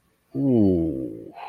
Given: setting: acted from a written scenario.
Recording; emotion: vocal sound without words; relief